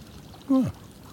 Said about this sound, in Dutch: Nou, een eend. Een paar eenden, denk ik.